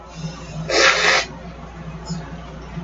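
A single harsh, noisy cough burst of about half a second from an adult man, in a quiet room.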